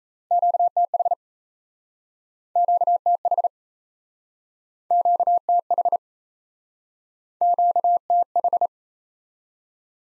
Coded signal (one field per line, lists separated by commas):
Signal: Morse code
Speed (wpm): 37 wpm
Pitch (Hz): 700 Hz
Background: none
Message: QTH QTH QTH QTH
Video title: Top 20 QSO Elements - Speed-Racing - 28wpm